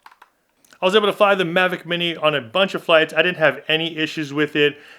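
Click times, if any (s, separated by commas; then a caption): 0.1 s. A PGYTECH plastic landing-leg extension is pushed over the back arm of a folded-open DJI Mavic Mini drone, near the hinge, and clicks into place around the leg at 0.1 s. A few more faint ticks follow in the first 0.7 s, then someone talks for the rest of the clip.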